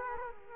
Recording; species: mosquito wingbeat signal from an infrared sensor; Culex quinquefasciatus